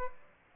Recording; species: mosquito wingbeat signal from an infrared sensor; Aedes aegypti